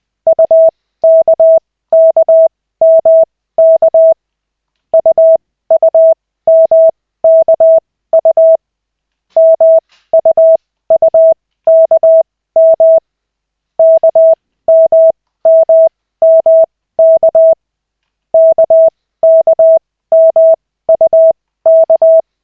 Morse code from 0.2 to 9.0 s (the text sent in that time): UKKMK UUMKU